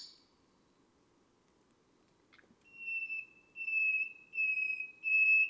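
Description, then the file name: Nightingale: bird song of pure, drawn-out whistled notes held at one pitch and repeated about four times, swelling in loudness, following a brief sharp chip. Recorded on a May night. "Un rossignol enregistre une nuit de mai"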